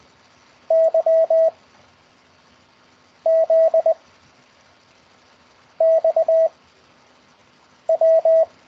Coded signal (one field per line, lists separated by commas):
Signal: Morse code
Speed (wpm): 20 wpm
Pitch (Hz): 650 Hz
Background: none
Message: Y Z X W